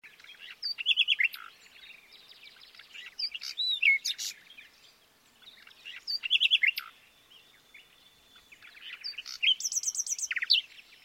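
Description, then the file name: Common nightingale song in four bursts of varied phrases: rich whistles, rapid buzzy trills and sharp notes, separated by pauses. "Luscinia megarhynchos"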